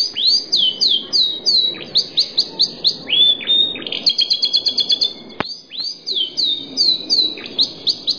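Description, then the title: Bird song of rapid, repeated high whistled notes that sweep downward, broken by a quick trill and a sharp click near the middle. Masteran-style song. "LuckyBurung MasteranBest"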